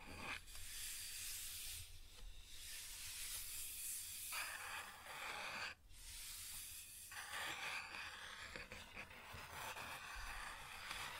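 Scratching on a wooden surface in long, bright rasping strokes, pausing briefly around two and six seconds, over a faint steady low hum.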